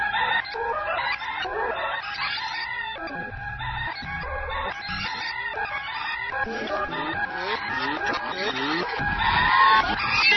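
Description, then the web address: Turkeys calling, a dense continuous chorus of overlapping harsh, rattling gobbles and descending slurred notes from several birds, with no pause throughout. "Dindon didiboom"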